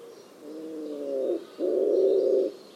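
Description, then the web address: Bird call, a low two-part call: a smooth harmonic note followed by a harsher, buzzy second part, each about a second long; faint high chirps behind. "cianscape. Deverinetal. Bird Only"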